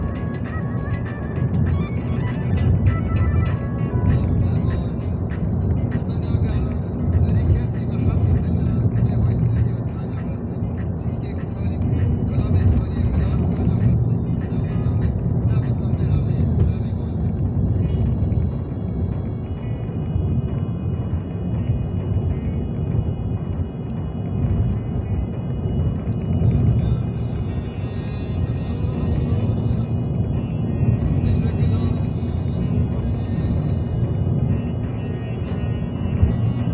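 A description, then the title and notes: Driving on a hot summer day: a steady, dense low rumble of engine and road, with faint high ticking and a thin whine joining after seventeen seconds. Driving during hot and dry summer 2021.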